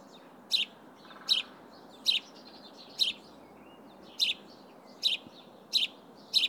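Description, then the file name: House sparrow giving eight single sharp chirps with short pauses between them, over low background noise. "Passer domesticus"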